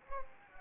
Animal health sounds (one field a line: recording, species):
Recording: mosquito wingbeat signal from an infrared sensor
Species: Anopheles gambiae